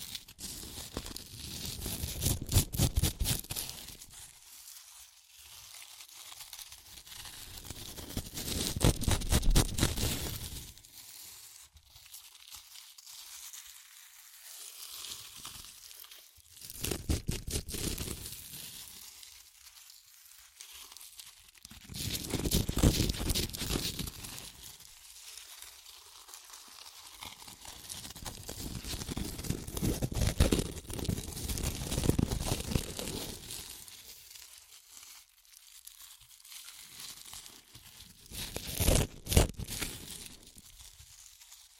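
Crunchy chips are crushed and eaten in bursts of crackling, crinkly noise that rise and fall every few seconds. Bright, dense crunching alternates with near-silent pauses around 5, 11, 14, 20 and 36 seconds, with a few sharp snaps near 39 seconds.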